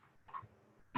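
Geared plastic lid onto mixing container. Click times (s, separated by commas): 1.0 s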